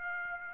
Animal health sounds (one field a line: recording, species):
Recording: mosquito wingbeat signal from an infrared sensor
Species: Aedes aegypti